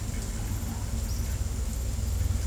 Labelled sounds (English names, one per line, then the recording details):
none
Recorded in secondary vegetation near Puerto Asís, Putumayo, Colombia, on 20 December 2024 at 14:00
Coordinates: 0.468, -76.324
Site G095